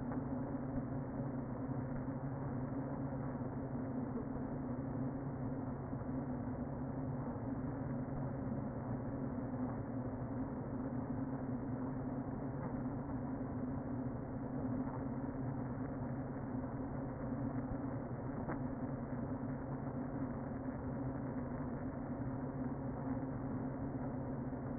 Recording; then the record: honeybee colony, microphone inside the hive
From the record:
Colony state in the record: queen present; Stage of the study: before two queens were removed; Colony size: about 60,000 bees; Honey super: yes